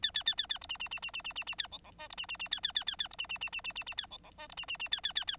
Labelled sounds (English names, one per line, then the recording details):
Bengalese Finch song
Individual Bird9